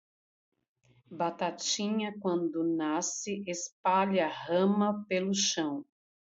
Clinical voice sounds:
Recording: short text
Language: Brazilian Portuguese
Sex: female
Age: 40 to 49 years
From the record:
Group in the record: control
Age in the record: 48 years

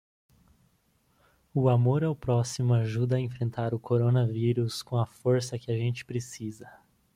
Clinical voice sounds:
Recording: spoken sentence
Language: Brazilian Portuguese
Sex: male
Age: 18 to 19 years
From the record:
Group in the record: control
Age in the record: 19 years

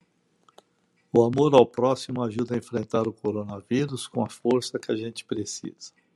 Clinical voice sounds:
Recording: spoken sentence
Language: Brazilian Portuguese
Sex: male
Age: 70 to 79 years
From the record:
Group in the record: control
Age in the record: 70 years

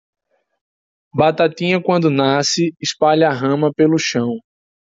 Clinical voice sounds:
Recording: short text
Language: Brazilian Portuguese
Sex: male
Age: 20 to 29 years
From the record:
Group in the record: control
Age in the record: 26 years

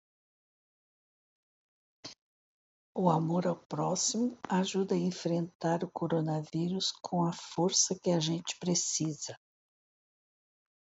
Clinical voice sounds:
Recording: spoken sentence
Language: Brazilian Portuguese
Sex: female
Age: 60 to 69 years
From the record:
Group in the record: control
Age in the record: 65 years

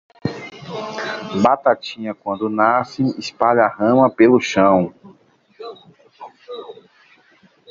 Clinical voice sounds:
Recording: short text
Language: Brazilian Portuguese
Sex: male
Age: 30 to 39 years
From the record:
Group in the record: control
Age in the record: 38 years

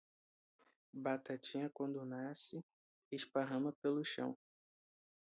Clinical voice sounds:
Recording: short text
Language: Brazilian Portuguese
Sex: male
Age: 18 to 19 years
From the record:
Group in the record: control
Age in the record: 19 years

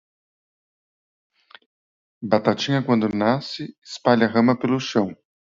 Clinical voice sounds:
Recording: short text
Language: Brazilian Portuguese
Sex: male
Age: 50 to 59 years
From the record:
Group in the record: control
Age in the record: 50 years

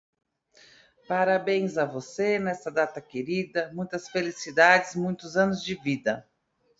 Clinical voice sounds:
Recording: short text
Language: Brazilian Portuguese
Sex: female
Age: 40 to 49 years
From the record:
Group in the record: control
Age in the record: 41 years

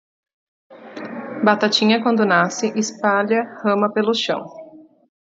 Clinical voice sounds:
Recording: short text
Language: Brazilian Portuguese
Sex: female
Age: 30 to 39 years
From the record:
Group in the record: control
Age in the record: 32 years

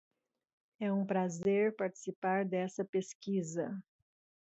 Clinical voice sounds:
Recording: short text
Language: Brazilian Portuguese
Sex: female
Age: 50 to 59 years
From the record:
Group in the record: control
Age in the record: 58 years

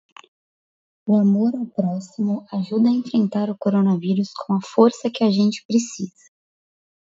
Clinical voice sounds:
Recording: spoken sentence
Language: Brazilian Portuguese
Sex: female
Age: 20 to 29 years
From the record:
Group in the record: control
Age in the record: 20 years

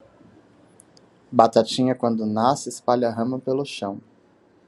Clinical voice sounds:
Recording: short text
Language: Brazilian Portuguese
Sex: male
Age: 30 to 39 years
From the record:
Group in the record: control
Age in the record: 31 years

